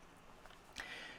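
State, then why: Seated. Bobbin thread is drawn under the metal tension plate of a sewing machine's bobbin case and into its small notch. A faint tick at 0.5 s comes before a sharp click at 0.8 s, followed by a brief, bright ringing tone. The thread is seated in the tension spring notch.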